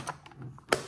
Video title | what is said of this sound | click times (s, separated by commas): Olympus FTL 35mm Film SLR Film Camera Tutorial - Forward Film Camera and Vintage Channel | until it locks and you'll hear it lock like that | 0.7 s